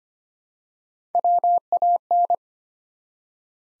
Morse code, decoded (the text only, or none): WAN